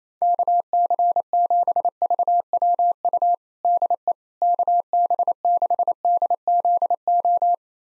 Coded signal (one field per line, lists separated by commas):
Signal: Morse code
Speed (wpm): 28 wpm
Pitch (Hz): 700 Hz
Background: none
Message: KC7VWU DE KB6DZO